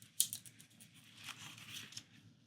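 A stubborn wooden tab piece from a book nook kit is pushed again into its slot and finally seats with a sharp snap at 0.2 s. A few faint ticks follow, then a soft rustle and one more small tick near 2.0 s. The tough tab ends fully home.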